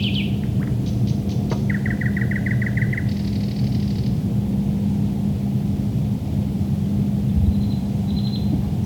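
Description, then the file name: Thrush nightingale song: a loud slurred note, sharp clicks, a fast dry rattle and a buzzy high phrase, followed by quiet high trills, with a steady low hum throughout. Recorded at Lohne in 2010. "sprosserlohne"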